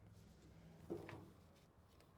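A door trim component is squeezed and pressed toward its place in a truck door during reassembly, with soft handling noise and a brief scuff around 0.9 to 1.1 seconds over a low steady hum. Someone talks briefly. The clip ends before the part goes home, so nothing has seated or clicked yet.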